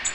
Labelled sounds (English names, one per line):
Black-throated Green Warbler flight call